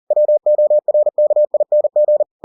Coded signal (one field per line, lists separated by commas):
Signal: Morse code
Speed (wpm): 40 wpm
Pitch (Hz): 600 Hz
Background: none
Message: WORKING